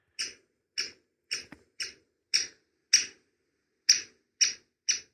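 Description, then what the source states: Great Spotted Woodpecker calls: nine sharp, high 'kik' notes with one longer pause midway. Played-back call, given all year round.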